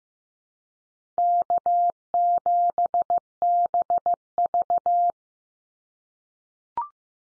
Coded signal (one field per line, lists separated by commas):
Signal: Morse code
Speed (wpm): 15 wpm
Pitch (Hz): 700 Hz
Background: none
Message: K7BV